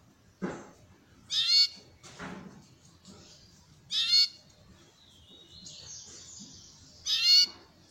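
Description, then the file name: Belgian canary song: loud harsh chirps roughly every three seconds, with a high ringing trill between them and a few soft knocks. Copper-coloured Belgian canary. "canto do canario belga cobre"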